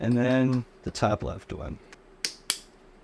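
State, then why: Torque reached. Someone talks as a torque key tightens the top-left bolt, the last one on a bicycle stem faceplate, until it clicks. Two sharp, loud clicks follow at 2.3 s and 2.5 s, confirming the stem is torqued.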